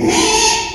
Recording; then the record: squeal of a Yucatan mini pig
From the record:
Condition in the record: after surgery on the right vocal fold (resection and tissue-engineered implant); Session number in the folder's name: 2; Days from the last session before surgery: 13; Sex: male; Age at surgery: 12 weeks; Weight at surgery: 13 kg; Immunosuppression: cyclosporine, prednisolone